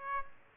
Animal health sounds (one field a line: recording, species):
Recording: mosquito wingbeat signal from an infrared sensor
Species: Aedes aegypti